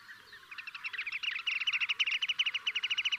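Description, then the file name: Marsh sandpiper calling: a fast, steady series of clear, short piping notes that builds in strength and carries on to the end. "Dammsnappa"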